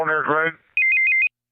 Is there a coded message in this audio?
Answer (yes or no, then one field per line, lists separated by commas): no